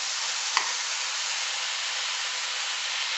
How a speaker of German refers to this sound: Hört sich aber sehr gut an. Pfanne ist schön knallerheiß. Ist heiß.